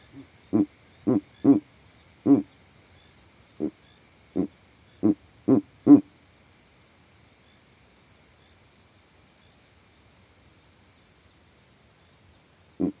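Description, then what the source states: Verreaux's eagle owl uttering several low grunts in a loose series, then a long pause before one last grunt; a shrill insect trill persists in the background. Male advertising his territory from a tree in savanna, recorded overnight with a sound recording rig set up in that same tree.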